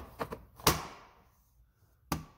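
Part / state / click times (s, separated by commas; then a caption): plastic light cover into truck side mirror housing / seated / 0.7 s. A plastic light cover is pressed onto the housing of a replacement side mirror for a 1999–2007 Ford Super Duty truck, over the second screw. A couple of light taps at 0.2 and 0.3 s lead to a sharp snap at 0.7 s as the cover seats in place, followed by a brief fading ring and another short tick at 2.1 s.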